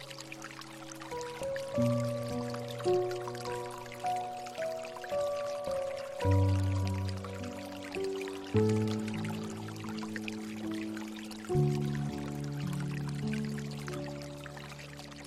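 Soft, slow piano plays sustained chords and a gentle melody, with deep bass notes landing about every two to three seconds, near 2, 6, 8.5 and 11.5 seconds. Beneath the music runs a steady trickle of flowing water, faint but constant throughout.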